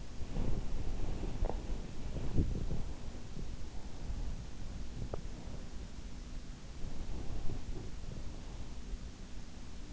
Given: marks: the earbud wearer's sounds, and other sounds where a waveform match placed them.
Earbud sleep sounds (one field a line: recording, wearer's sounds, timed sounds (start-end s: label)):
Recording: sounds in sleep by an in-ear microphone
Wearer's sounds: body movement, teeth grinding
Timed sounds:
0.00-3.54 s: body movement
4.82-5.50 s: teeth grinding
6.65-9.04 s: body movement